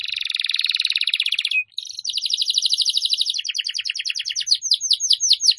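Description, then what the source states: Atlantic canary song: a fast rolling trill that breaks off, then a new rapid trill of clipped notes slowing into separate downslurred whistles. Song used as a lure to attract birds.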